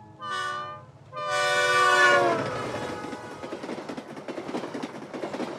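train running on rails

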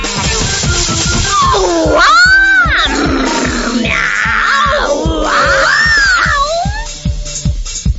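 cats meowing

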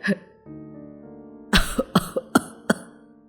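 old man coughing heavily

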